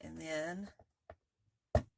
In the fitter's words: you'll hear it click